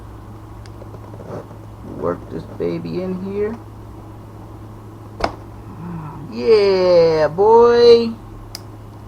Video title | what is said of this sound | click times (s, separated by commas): 1000hp 2JZ Build Part 4 Gapping Rings and Piston Rod assembly | hear it clicky | 8.5 s